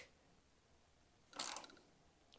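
A click-type Precision torque wrench is used on a suspension bolt during coilover replacement on a 3rd-gen Prelude, either as a second check or on a second bolt. After quiet room tone, a short broadband mechanical click at 1.4 s, with a brief rattle trailing to about 1.7 s, confirms that the wrench reached its torque setting.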